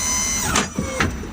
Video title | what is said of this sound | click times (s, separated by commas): Plow All Serviced / Ready For The Season | So that unlocks it, you hear the click. | 1.0 s